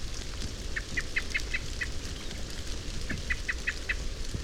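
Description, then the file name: Common blackbird calling with two short runs of clipped, evenly spaced chink notes, a pause between them, over a low droning background. "Turdus merula"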